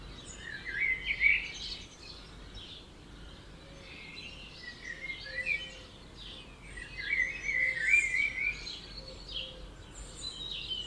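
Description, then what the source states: Dawn chorus birds, many overlapping chirps and trills in two busy bursts, with a faint low repeated note in the background. Dawn chorus recorded at 4am in Oberhofen, Inntal, Austria; binaural recording.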